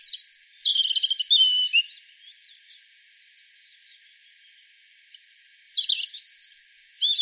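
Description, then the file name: European robin song: a high, rapid, trilling phrase, a quiet pause of about three seconds, then another sweet, jumbled warble of sliding notes. "Erithacus rubecula"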